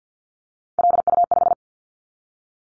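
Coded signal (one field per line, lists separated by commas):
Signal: Morse code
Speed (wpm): 50 wpm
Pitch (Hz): 700 Hz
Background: none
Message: LU5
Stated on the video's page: Callsign prefixes of the top 100 DXCC entities sent at 50 wpm as a head-copy drill; each prefix is sent, spoken, then sent again.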